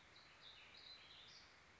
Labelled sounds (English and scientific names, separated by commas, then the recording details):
Warbling Vireo (Vireo gilvus)
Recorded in Sonoma County, California